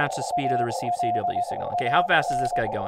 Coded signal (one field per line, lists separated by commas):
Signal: Morse code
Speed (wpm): 20 wpm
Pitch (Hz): 710 Hz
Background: speech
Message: ALAN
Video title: First Look at Yaesu FTdx-10 Ham Radio - Livestream